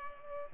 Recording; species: mosquito wingbeat signal from an infrared sensor; Culex pipiens